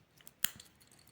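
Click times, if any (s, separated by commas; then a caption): 0.4 s. The release-button deployant clasp of a stainless steel watch bracelet (Poedagar 930b) is pressed closed into its latch. It snaps shut with one loud, sharp click at 0.4 s, with fainter ticks around it. The clasp seats firmly and is called a nice click.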